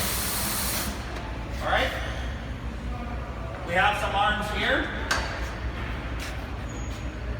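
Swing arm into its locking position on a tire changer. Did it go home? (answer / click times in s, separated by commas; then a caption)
yes / 5.1 s. A swing arm on a tire changer is moved into its locking position and locks into place with a single sharp metallic knock at 5.1 seconds. A broadband hiss fills the first second, and someone talks over a steady low hum.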